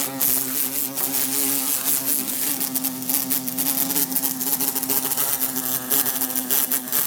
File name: Bumblebee trying to escape thru closed window